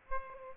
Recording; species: mosquito wingbeat signal from an infrared sensor; Aedes aegypti